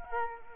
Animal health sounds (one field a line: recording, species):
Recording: mosquito wingbeat signal from an infrared sensor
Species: Culex quinquefasciatus